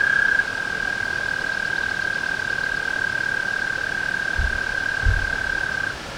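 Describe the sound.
Tree frog call, a steady high trill held for about six seconds before stopping, with two faint low thumps near the end.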